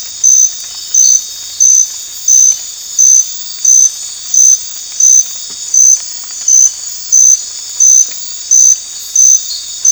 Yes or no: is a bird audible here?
no